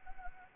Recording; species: mosquito wingbeat signal from an infrared sensor; Anopheles gambiae